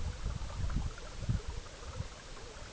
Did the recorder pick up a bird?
no